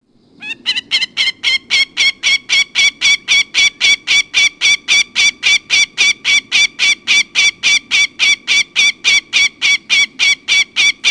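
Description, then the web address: Northern goshawk in a long, rhythmic cackle of strident nasal notes, about three to four per second, continuing steadily for over ten seconds without a break. "Peterson North American Birds. nogo"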